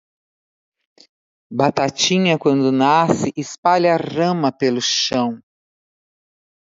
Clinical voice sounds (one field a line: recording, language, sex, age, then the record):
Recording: short text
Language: Brazilian Portuguese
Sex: female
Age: 60 to 69 years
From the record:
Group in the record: control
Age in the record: 63 years